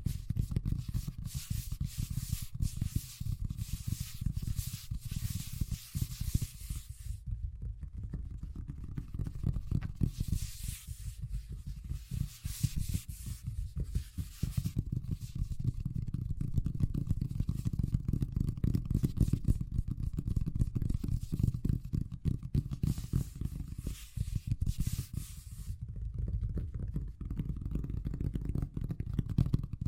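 Fast tapping runs nonstop for the whole stretch, a dense, rapid patter of small hits over a heavy low thud. Crisp, scratchy brightness rides on top for the first seven seconds and again from about eleven to twenty-five, then dulls.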